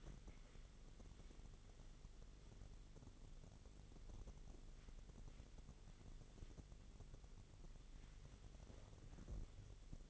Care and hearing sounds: daily activity, microphone in the room; wipe stove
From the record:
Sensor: 4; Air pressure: 1004.2 hPa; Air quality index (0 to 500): 157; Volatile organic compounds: 2 ppm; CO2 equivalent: 1118 ppm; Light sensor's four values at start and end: 13/32/13/14 and 13/30/12/13

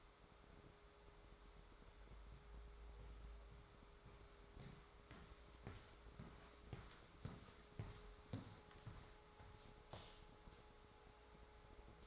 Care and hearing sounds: daily activity, microphone in the room; walk to room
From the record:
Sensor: 3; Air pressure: 1010.4 hPa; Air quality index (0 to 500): 166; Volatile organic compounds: 9 ppm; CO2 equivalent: 2182 ppm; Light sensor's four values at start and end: 51/126/56/63 and 49/122/54/61

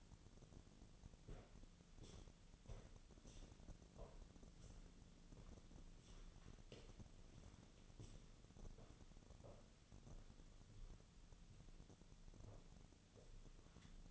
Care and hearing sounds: daily activity, microphone in the room; walk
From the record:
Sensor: 4

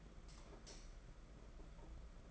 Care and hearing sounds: daily activity, microphone in the room; light off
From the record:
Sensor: 5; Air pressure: 992.1 hPa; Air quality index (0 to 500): 201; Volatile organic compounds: 1000 ppm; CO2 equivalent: 5807 ppm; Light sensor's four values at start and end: 8/21/8/9 and 8/19/7/8

